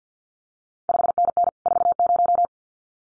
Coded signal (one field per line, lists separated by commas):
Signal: Morse code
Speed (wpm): 50 wpm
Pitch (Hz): 700 Hz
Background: none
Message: 5NN 40